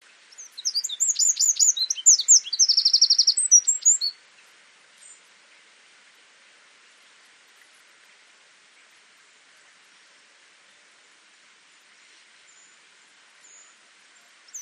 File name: Eurasian Wren